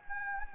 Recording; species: mosquito wingbeat signal from an infrared sensor; Anopheles gambiae